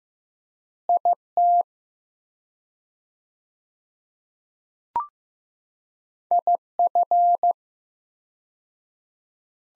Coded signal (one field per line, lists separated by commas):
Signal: Morse code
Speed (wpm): 15 wpm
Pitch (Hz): 700 Hz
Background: none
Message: IT IF